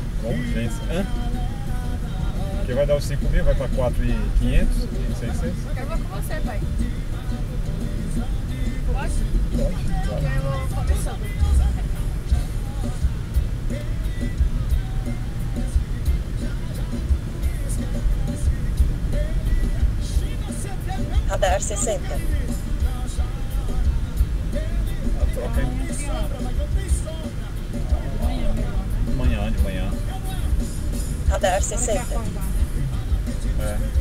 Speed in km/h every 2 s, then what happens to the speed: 42, 41, 41, 43, 45, 46, 47, 48, 48, 49, 51, 51, 48, 47, 48, 50, 48.
0-5 steady at about 41. 5-20 speeds up to 51. 20-34 steady at about 48.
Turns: none.